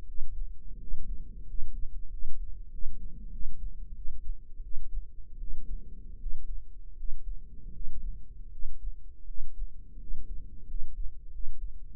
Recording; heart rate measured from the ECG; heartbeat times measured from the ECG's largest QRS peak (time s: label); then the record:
heart sounds by microphone in the right ear; 86 bpm
0.06 s: heartbeat
0.78 s: heartbeat
1.45 s: heartbeat
2.09 s: heartbeat
2.70 s: heartbeat
3.31 s: heartbeat
3.94 s: heartbeat
4.62 s: heartbeat
5.38 s: heartbeat
6.18 s: heartbeat
6.95 s: heartbeat
7.72 s: heartbeat
8.50 s: heartbeat
9.25 s: heartbeat
9.98 s: heartbeat
10.66 s: heartbeat
11.30 s: heartbeat
11.92 s: heartbeat
From the record:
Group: healthy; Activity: rest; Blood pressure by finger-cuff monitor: 96/53 mmHg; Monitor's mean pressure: 65 mmHg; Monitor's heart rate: 81 bpm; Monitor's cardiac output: 8 L/min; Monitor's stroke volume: 95 mL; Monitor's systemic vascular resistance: 580 dyn s/cm5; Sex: male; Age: 23 years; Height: 179 cm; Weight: 87 kg